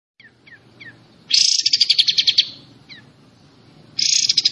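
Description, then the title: Pied Triller song: a few soft falling chirps, then a dense, buzzy, high rattle of quick pulses, starting again at the end. Song in the besetan style. "Besetan Kapas Tembak. Kapas Tembak Ini Besetannya Parah Kawan"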